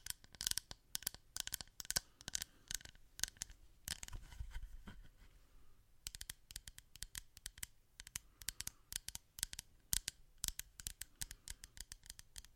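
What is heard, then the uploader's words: Quick, sharp tapping on wood and glass comes in dense irregular bursts, pausing briefly near the six-second mark before resuming with a faint steady tone underneath. One trigger only tapping (Holz, Glas, etc.)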